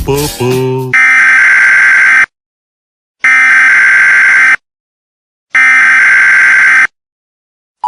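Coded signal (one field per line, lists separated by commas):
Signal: Emergency Alert System (SAME) tones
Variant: header bursts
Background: speech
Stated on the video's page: Fictional scenario, not a real alert.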